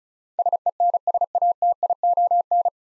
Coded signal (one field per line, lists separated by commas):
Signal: Morse code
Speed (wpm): 36 wpm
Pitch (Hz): 700 Hz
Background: none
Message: SENSATION